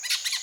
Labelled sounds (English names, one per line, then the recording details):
Brown-throated Parakeet contact call
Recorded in Venezuela